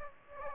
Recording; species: mosquito wingbeat signal from an infrared sensor; Aedes aegypti